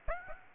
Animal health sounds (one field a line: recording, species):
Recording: mosquito wingbeat signal from an infrared sensor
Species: Aedes aegypti